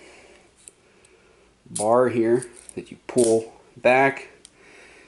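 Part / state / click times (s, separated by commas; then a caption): lock bar on an out-the-front knife handle / released / 4.4 s. Someone talks while the metal lock bar on a Microtech Combat Talon 3 out-the-front knife handle is pulled back to unlock and retract the blade. A single short, sharp click at 4.4 s marks the lock bar releasing, with fainter small ticks at 0.7 s and 1.1 s.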